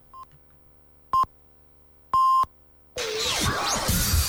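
A radio hourly time signal on a local radio station in Talavera de la Reina, Spain: a faint short pip, a louder short pip, then a longer steady high tone, followed at once by loud, dense music.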